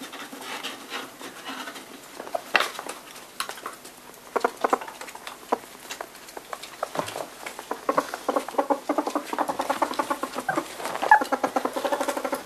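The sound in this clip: European polecat chattering in uneven bursts of quick, harmonic pulses, quieter early on and denser toward the end, among sharp clicking and scuffling.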